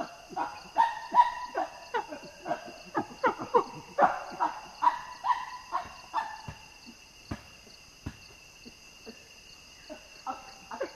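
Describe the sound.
Common chimpanzee calls in a rapid, uneven series of barking hoots that fade toward the end, with constant high-pitched insect drone behind.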